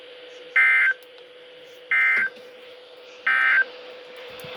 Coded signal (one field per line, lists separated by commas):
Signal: Emergency Alert System (SAME) tones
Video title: KIH41 & KZZ48 Tests! (EAS#50-51)